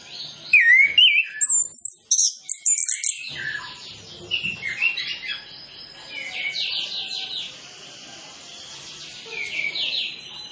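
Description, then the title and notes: Orange-headed Thrush song opening with loud, sliding whistles and rapid chirps, then settling into a softer, continuous trilling warble. Song with full isian (fill-in) phrases; lure recording played to make Orange-headed Thrushes sing quickly. "Masteran Anis Kembang Full Isian Untuk Suara Pancingan Anis Kembang Agar Cepat Ngeplong. Suara Burung Anis Kembang"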